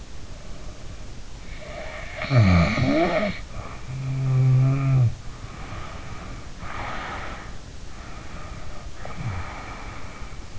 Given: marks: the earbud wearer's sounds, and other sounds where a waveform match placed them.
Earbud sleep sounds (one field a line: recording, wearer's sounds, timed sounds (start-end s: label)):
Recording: sounds in sleep by an in-ear microphone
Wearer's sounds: snoring breath, breath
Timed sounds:
1.42-5.24 s: snoring breath
5.52-7.79 s: breath
8.08-10.59 s: breath